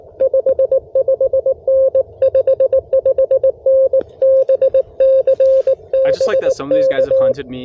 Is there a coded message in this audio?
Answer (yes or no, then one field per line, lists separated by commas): yes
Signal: Morse code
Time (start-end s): 0.2-7.3 s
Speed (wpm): 19 wpm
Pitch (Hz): 530 Hz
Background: speech, radio noise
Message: 55N 55N BCBK